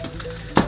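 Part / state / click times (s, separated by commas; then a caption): protective cover onto multimeter body / seated / 0.6 s. The magnetic plastic protective cover of a JIMI JM-G3401 multimeter is put back onto the multimeter body over a faint steady hum. A sharp snap at 0.6 s shows the cover clicking into place, seated.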